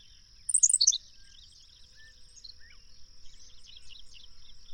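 Bird gives one brisk descending run of high, sparkling chirps near the start, then quieter scattered twitters against a steady high-pitched hum.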